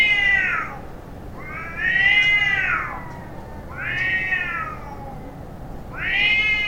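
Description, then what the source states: Cats caterwauling, with four long drawn-out wailing yowls, each rising then falling, repeated about every two seconds over a steady low hiss. Cats fighting.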